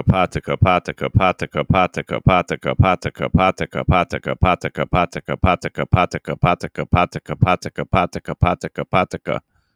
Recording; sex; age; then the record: repeated syllables /pa ta ka/; male; 30 to 39 years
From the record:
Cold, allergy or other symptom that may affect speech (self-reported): no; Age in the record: 37 years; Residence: New York, United States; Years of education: 18